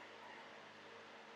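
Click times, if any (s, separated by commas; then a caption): none. A screw is being tightened into the ignition switch housing of a vehicle, but it keeps turning without tightening because its thread is stripped. A steady low hum and broadband hiss continue throughout, with no sudden sounds. Nothing has seated or clicked yet, and the screw stays stripped out.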